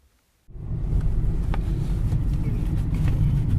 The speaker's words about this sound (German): Mit dem Auto unterwegs am Rand des Südharzes. Ein sonniger Märztag. Auf den Feldern die letzten Schneereste. Hier und dort glitzert Tauwasser.